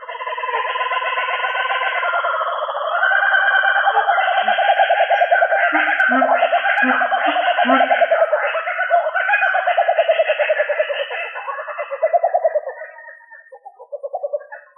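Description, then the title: Australorp chickens in a dense chattering chorus of fast clucks and trills, with a few lower separate clucks standing out midway before the noise thins near the end. "manok ostrali"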